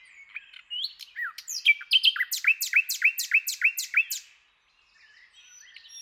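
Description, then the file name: Common nightingale song: a few varied whistles and slurred notes, then a loud run of repeated chirping notes that stops abruptly, followed by near silence. "Luscinia megarhynchos"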